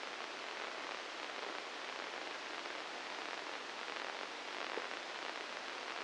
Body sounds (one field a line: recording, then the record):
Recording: brain microelectrode recording played as sound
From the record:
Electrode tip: inside the subthalamic nucleus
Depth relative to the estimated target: -1 mm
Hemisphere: right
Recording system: NeuroSet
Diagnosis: Parkinson's disease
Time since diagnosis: 9 years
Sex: female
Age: 51 years